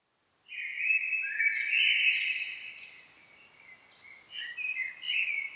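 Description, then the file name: Common blackbird with a strong warbled phrase, then weaker twittering notes trailing after it. "Turdus merula"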